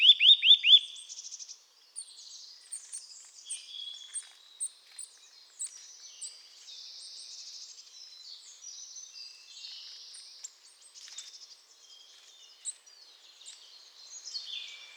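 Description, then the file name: Eurasian nuthatch calls: a quick burst of loud, sharp repeated notes at the start, then scattered faint high chirps through the rest. "Sitta europaea"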